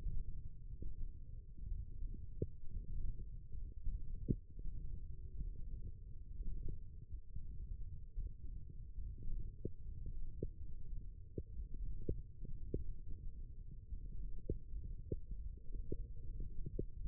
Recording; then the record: forearm muscle sounds (acoustic myography)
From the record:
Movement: index flexion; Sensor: system 1, eight BSWA MPA416 microphones around the upper forearm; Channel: 1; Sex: male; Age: 23 years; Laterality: right